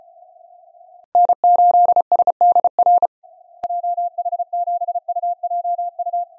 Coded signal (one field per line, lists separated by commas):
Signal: Morse code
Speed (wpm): 34 wpm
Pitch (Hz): 700 Hz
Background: none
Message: N8SDR JH7UJU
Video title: SunSDR2DX using SDC (Software Defined Connectors) app and 5M Contest Log + plus a little CW WAE